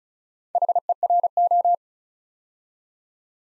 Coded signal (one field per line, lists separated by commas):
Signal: Morse code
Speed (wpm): 34 wpm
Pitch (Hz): 700 Hz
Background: none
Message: HERO